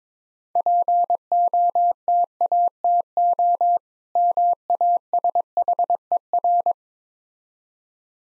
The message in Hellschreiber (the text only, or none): none